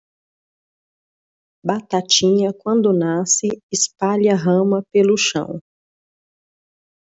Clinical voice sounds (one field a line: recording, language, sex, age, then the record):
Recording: short text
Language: Brazilian Portuguese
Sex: female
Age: 40 to 49 years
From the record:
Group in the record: control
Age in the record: 41 years